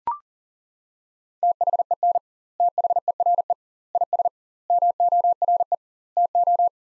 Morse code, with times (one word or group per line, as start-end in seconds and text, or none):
1.4-2.2 THEN
2.6-3.5 THERE
4.0-4.3 IS
4.7-5.7 MORE
6.2-6.7 TO